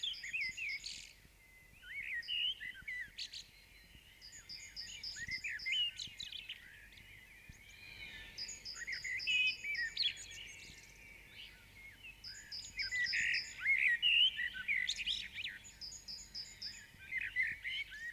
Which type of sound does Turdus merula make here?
song